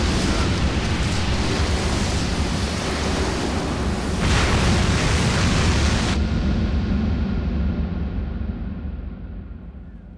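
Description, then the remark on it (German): A continuous, thunderous roar of a churning maelstrom whirlpool, dense and rumbling across the whole range, swelling briefly midway before the top end cuts off and it slowly eases, as a ship's small boat is torn from its mounting and hurled into it. No voices. “Im Bruchteil einer Sekunde wurde das Beiboot aus der Halterung gerissen und in den gewaltigen Strudel des Mahlstroms geschleudert.”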